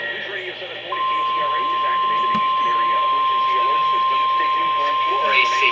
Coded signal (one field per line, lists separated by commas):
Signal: Emergency Alert System (SAME) tones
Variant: 1050 Hz attention tone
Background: speech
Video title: SAN ANTONIOS CATCHING ALERTS... EAS Alerts From 7/12/26 - 7/15/26 (EAS#6,257 - #6,289)